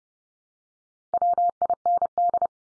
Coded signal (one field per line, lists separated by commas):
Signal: Morse code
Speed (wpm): 30 wpm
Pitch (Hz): 700 Hz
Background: none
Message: WIND